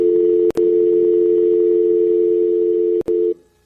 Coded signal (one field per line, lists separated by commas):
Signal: telephone call progress tone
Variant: North America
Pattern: dial tone